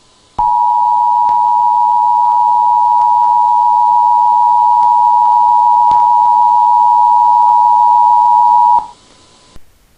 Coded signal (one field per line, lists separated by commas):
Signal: Emergency Alert System (SAME) tones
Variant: 853 and 960 Hz attention tone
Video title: EAS Mock Scenario - Deadly Packages